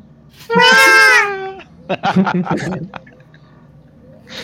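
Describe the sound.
A person lets out a loud, high, wavering scream that sounds like a crying baby, held for about a second, followed by a few quick bursts of talking.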